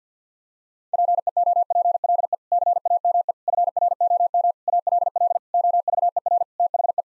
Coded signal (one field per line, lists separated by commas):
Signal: Morse code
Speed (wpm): 50 wpm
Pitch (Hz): 700 Hz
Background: none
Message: PEOPLE CAME FROM ALL OVER THE